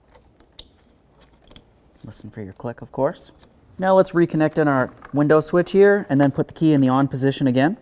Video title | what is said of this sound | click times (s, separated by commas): How to Replace Window Regulator 1997-05 Lexus GS | Reconnect this in. Listen for your click, | 0.6 s